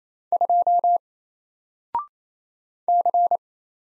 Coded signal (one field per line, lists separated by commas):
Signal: Morse code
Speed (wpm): 27 wpm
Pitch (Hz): 700 Hz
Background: none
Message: 2 C